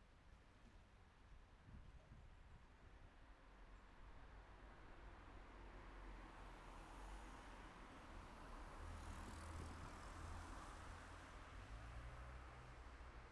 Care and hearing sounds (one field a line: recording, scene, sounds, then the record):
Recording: everyday scene through a hearing-aid microphone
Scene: in traffic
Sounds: traffic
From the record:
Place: city secondary road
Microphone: behind the ear, left, rear